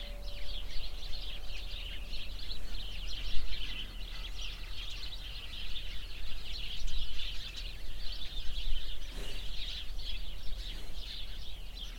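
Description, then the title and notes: Sparrows keep up a lively, unbroken chorus of chirps, with wind noise beneath. Many sparrows in a bush beside a cow pasture at Hupperdange, on a windy summer morning. "The sounds of a bush full of sparrows nearby a cow pasture on a windy summer morning."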